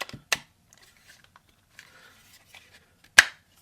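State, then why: Seated. A Kizer Kwaiken fixed-blade knife is pushed into its molded sheath, with a sharp tap near 0.3 s and faint scraping and rustling as it slides in. It seats with a loud, satisfying retention click at 3.2 s, locked in place.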